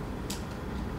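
The white loading lever of a dry-powder inhaler is being pushed open toward the fully opened position, where it clicks to show the dose is loaded. A brief broadband handling noise comes at about 0.3 s over a steady low background. Nothing has clicked or seated yet.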